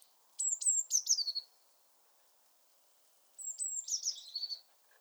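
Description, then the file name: Eurasian blue tit giving two high sibilant calls, each a thin introductory note sliding into a rapid buzzy descending trill, about three seconds apart, with faint low background hum. "Cyanistes caeruleus"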